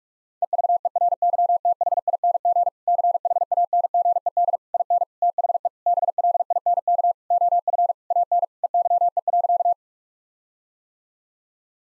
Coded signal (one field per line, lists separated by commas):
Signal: Morse code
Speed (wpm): 41 wpm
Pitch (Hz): 700 Hz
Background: none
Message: EVERYTHING CHANGED IN THE BLINK OF AN EYE.